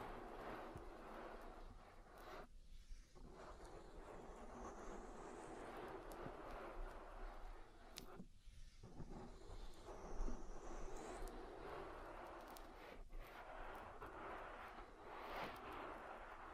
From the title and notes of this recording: ASMR Oil Ear Massage for Deep Relaxation (No Talking).